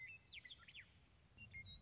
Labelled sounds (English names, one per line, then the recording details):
Western Meadowlark
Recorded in Sonoma County, California